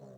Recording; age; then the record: pig call; piglet (1 to 25 days)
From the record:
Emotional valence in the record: negative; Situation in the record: short isolation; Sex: female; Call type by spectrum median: low-frequency call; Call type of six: low-frequency stable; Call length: 0.19 s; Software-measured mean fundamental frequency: 66 Hz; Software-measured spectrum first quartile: 174 Hz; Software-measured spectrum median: 378 Hz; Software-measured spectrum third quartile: 610 Hz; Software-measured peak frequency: 592 Hz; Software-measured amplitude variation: 70 dB a second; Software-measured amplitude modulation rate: 24.1 a second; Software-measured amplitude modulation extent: 2.9 dB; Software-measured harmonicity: -0.9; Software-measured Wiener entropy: 0.40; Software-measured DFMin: 1069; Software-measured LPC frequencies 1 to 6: 579, 4236, 5949, 7044, 7933, 9076 Hz